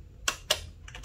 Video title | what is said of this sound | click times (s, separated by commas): Singer Flip Chain to Moss & Troubleshooting - chain stitch embroidery | there it clicked in now i should be on chain so hopefully it picks up | 0.3 s